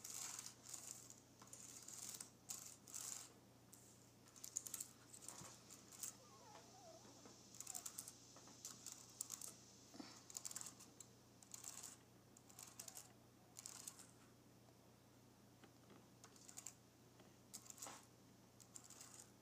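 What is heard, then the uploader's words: Fingernails graze and tap across a keyboard in quick, irregular scratchy bursts, with a low steady hum running underneath throughout. Nails Grazing Across my Keyboard.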